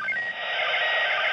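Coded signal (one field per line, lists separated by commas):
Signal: SSTV (slow-scan television)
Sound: warbling tone jumping between low and high pitches, buried in heavy static hiss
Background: radio static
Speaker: I am looking at my signal strength meter and trying to adjust it for the strongest signal possible.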